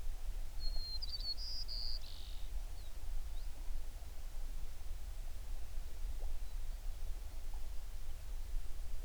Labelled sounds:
songbird
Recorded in the Prudhoe Bay oil fields, Alaska, on 11 June 2019 at 04:53
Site 21

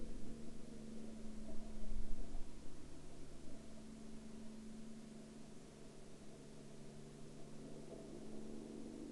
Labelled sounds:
aircraft
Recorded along the Dempster Highway, Canada, on 30 September 2019 at 10:43
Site 14

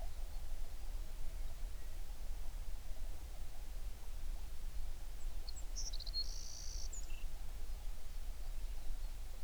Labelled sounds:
songbird
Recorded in the Prudhoe Bay oil fields, Alaska, on 11 June 2019 at 04:42
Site 21

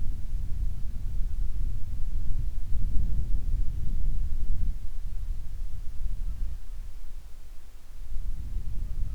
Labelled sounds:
wind
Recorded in the Prudhoe Bay oil fields, Alaska, on 25 July 2019 at 02:40
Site 11

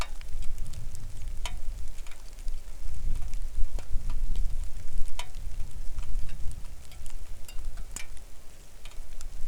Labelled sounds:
songbird, wind, rain
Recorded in the Arctic National Wildlife Refuge, Alaska, on 3 August 2019 at 09:47
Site 41

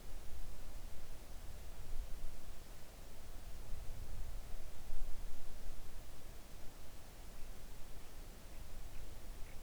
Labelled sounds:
songbird
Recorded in the Arctic National Wildlife Refuge, Alaska, on 3 August 2019 at 05:20
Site 41

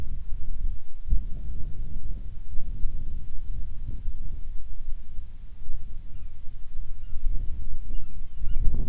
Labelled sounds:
seabird, wind
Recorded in the Arctic National Wildlife Refuge, Alaska, on 7 July 2019 at 18:45
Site 41

